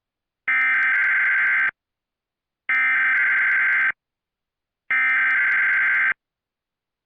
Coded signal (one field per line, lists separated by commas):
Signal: Emergency Alert System (SAME) tones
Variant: header bursts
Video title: EAS Scenario: Godzilla - Titans of Earth (TRIPLEVERSE 2 PART 1)